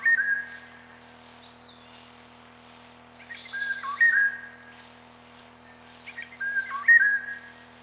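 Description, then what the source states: Eurasian golden oriole song: fluty whistled phrases given about every three seconds, with a faint steady hum beneath. Recorded 22 May 1994.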